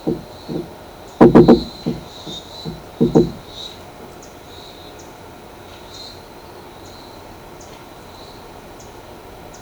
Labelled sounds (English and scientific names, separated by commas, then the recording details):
Black-throated Mango (Anthracothorax nigricollis)
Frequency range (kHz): Black-throated Mango (Anthracothorax nigricollis) 4.5-8.4 kHz
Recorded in shrubland near Pivijay, Magdalena, Colombia, on 15 April 2023 at 14:00
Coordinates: 10.453, -74.365
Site P5-G022